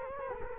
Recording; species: mosquito wingbeat signal from an infrared sensor; Culex quinquefasciatus